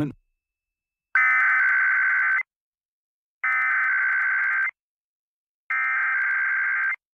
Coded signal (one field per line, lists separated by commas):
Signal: Emergency Alert System (SAME) tones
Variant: header bursts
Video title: The KUNA and IPAWS Time Zones Weeklies (EAS #23095-23102) 10/28/24